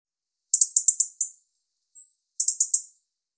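European robin giving a high, thin phrase of quick repeated pulses, a brief pure whistle, then another short pulsed run; background otherwise silent.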